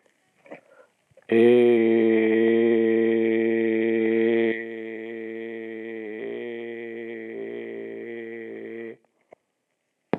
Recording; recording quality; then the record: sustained vowel as in made; excellent, no background noise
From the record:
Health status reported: exposed to COVID-19, no respiratory illness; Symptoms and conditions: cough, fever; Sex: male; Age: 51 years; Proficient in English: yes